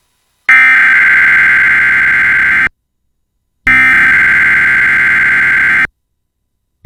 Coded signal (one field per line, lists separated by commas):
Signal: Emergency Alert System (SAME) tones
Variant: header bursts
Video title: EAS - AMBER Alert Issued in Tennessee for Child with Medical Condition